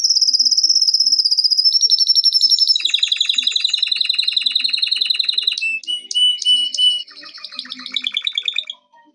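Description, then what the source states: Canary song, a continuous run of rapid trills and rolls that change pitch several times. Canary song intended for training.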